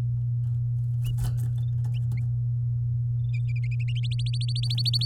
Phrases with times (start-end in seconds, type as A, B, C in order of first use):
4.03-5.05 A